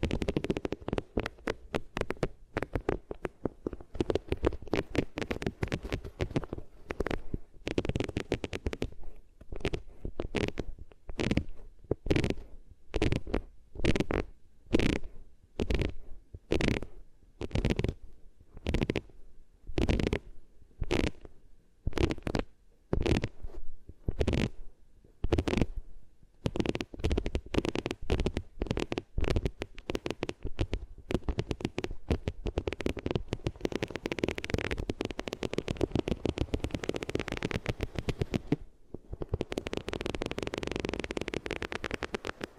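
Rubbing across different materials, heard as muffled, scratchy strokes with a deep rumbling body. For most of the first half the strokes come in separate, fairly regular bursts about once a second; later they blur into a denser, continuous brushing with one short pause near the end.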